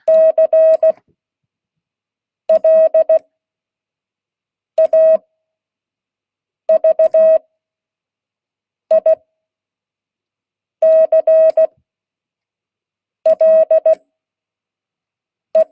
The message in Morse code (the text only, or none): CLAVICLE